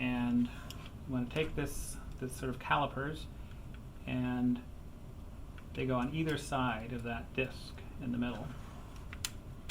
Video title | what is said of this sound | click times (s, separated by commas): Transaxle (Electrified) Assembly Instructions | and snap into place over the tabs there | 9.1 s, 9.2 s